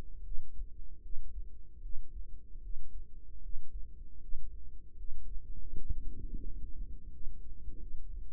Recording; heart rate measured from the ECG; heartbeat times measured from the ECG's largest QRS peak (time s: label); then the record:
heart sounds by microphone in the right ear; 79 bpm
0.22 s: heartbeat
1.00 s: heartbeat
1.80 s: heartbeat
2.60 s: heartbeat
3.40 s: heartbeat
4.19 s: heartbeat
4.95 s: heartbeat
5.71 s: heartbeat
6.41 s: heartbeat
7.10 s: heartbeat
7.78 s: heartbeat
From the record:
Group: healthy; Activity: rest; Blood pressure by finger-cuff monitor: 60/41 mmHg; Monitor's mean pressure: 49 mmHg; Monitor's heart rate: 78 bpm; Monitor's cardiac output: 6.1 L/min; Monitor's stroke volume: 79 mL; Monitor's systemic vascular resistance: 560 dyn s/cm5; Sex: female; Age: 19 years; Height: 163 cm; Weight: 48.9 kg